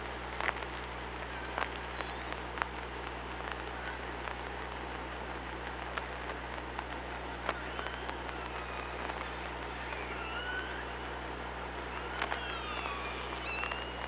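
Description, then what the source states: Killer whale calls: thin, whistle-like tones that rise and bend, coming in several bursts in the second half, over steady underwater hiss with scattered sharp clicks. Underwater hydrophone recording from OrcaLab, 24 August 2017, at 06:00.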